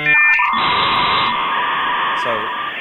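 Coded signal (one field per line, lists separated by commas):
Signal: dial-up modem handshake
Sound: short high tones and chirps, then loud broadband hissing with steady whining tones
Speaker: And bring back great memories. Connecting to the internet.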